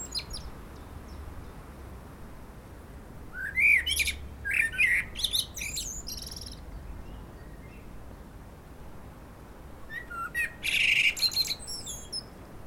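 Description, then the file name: Common blackbird singing two phrases, each a low mellow fluted warble followed by a high thin squeaky twitter, separated by a few seconds of quiet. "Turdus merula"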